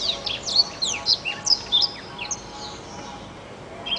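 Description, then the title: Oriental magpie-robin song, quick high whistles and downslurred chips in rapid bursts, easing off in the second half, with a constant low hum behind. "Kicau Kacer"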